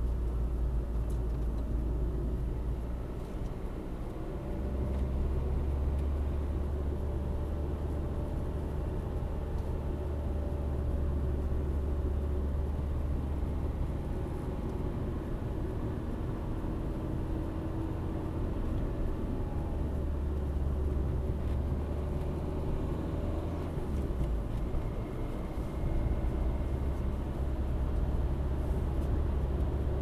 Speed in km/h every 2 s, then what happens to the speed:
42, 44, 55, 56, 55, 58, 57, 55, 55, 61, 63, 64, 68, 71, 72.
0-4 speeds up to 55. 4-17 steady at about 55. 17-26 speeds up to 71.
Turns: none.